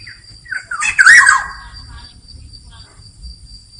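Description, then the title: Black-naped oriole giving one harsh squawking burst with a warbled fluty ending, preceded by softer nasal notes, then quiet with low hum and a steady high whine. Singing loudly and continuously (gacor ngeplong); recording intended as training or therapy audio for songbirds. "KEPODANG EMAS GACOR NGEPLONG I TERAPI"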